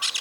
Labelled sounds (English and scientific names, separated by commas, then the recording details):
Brown-throated Parakeet (Eupsittula pertinax) contact call
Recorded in Venezuela
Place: Guárico; Corozopando; Fundo La Fe
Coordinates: 8.506, -67.593